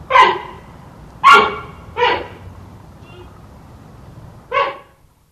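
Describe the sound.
Giant panda calling with four separate nasal, bark-like bleats spaced roughly a second apart, with a longer gap before the last; quiet steady background noise.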